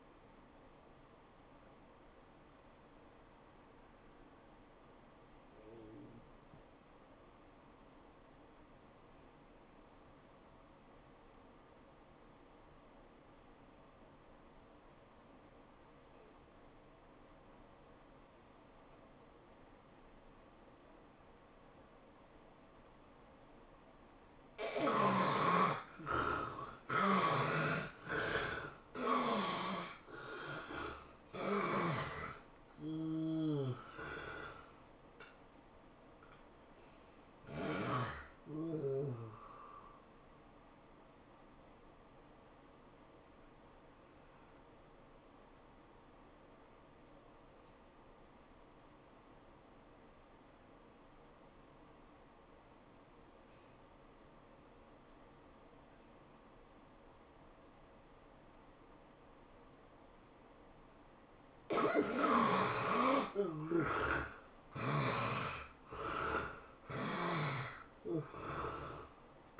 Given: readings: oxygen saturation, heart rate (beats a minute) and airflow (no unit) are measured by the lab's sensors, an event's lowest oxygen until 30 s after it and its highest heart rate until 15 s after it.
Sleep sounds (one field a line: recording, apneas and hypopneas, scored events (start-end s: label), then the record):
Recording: breathing in sleep by a voice recorder at the bedside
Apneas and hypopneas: 2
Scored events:
6.00-25.30 s: obstructive apnea (N1, oxygen 96% highest, then 71% lowest, heart rate 89 at the start, 107 highest)
9.00-39.00 s: new sleep stage, N2 (light sleep)
39.00-69.60 s: new sleep stage, N1 (lightest sleep)
50.00-62.30 s: obstructive apnea (N1, oxygen 95% highest, then 70% lowest, heart rate 92 at the start, 108 highest)
From the record:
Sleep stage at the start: N1 (lightest sleep)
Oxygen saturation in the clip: 71 to 96%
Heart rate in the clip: 78 to 107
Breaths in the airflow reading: 10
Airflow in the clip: -13.1 to 12.0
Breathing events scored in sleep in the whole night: 403 in 5.5 hours asleep